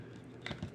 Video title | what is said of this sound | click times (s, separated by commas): Mattel Jurassic World Camp Cretaceous Dino Escape Mega Destroyers Stegosaurus | You know, there we go. It snaps in. I hear all the snapping, | 0.5 s